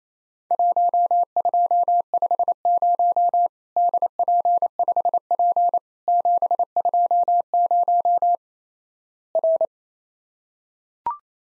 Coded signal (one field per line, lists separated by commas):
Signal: Morse code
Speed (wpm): 28 wpm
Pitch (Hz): 700 Hz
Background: none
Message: 1250 DP5P 720 R